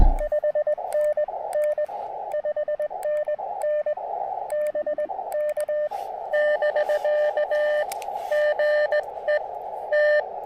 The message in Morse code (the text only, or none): 5NN 5NN BK <BK> GE T